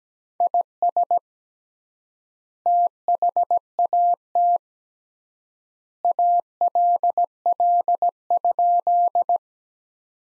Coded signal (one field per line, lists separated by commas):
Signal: Morse code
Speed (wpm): 17 wpm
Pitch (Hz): 700 Hz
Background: none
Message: IS THAT ALL?